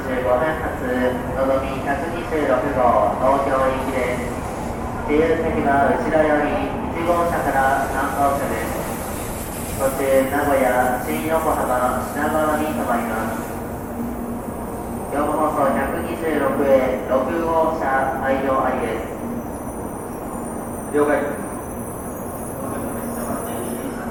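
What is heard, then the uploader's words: Voices talk steadily in a Japanese train station, with several people overlapping and a man's voice prominent. A low, continuous rumble runs underneath throughout. Faint high ringing tones and chimes drift in from around fifteen seconds onward. TRAIN STATION IN JAPAN AMBIENCE. Sounds of trains coming and going, people talking, vending machines, and announcements.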